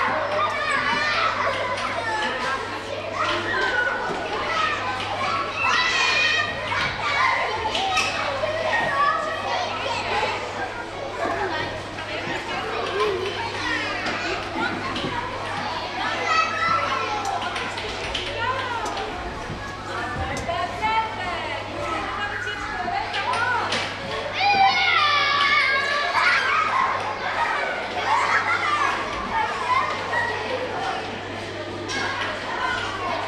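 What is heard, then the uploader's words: Children make steady, dense chatter and shouts, many voices overlapping. Bright squeals and calls pop out throughout, growing a little louder around the middle and near twenty-five seconds, over a constant low hum. Holiday Children Ambience.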